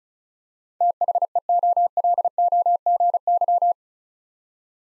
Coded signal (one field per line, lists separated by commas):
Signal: Morse code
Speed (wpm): 34 wpm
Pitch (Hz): 700 Hz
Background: none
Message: THEOLOGY